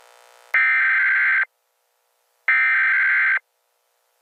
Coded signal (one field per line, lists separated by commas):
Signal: Emergency Alert System (SAME) tones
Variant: header bursts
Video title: (EAS CAE) Gabriel Gunter GONE